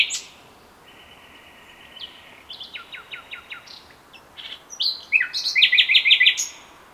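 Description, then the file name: Common nightingale singing long level whistles, then a string of stuttering notes and a loud, rapid rattle of repeated high notes at the end. "Luscinia megarhynchos"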